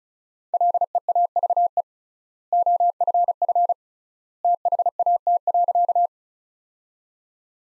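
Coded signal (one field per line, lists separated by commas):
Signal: Morse code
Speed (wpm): 34 wpm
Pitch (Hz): 700 Hz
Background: none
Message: LEAVE OFF THAT.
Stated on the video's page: Morse practice sentences from top 400 words at 35 wpm with 3x standard word spacing, a Farnsworth-like method applied to words.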